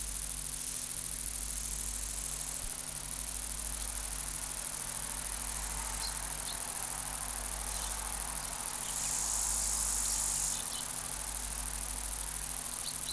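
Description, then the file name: Long-winged conehead song, a steady very high hiss running throughout, with a brighter burst of buzzing near the ten-second mark over a low electrical hum. "Conocephalus discolor"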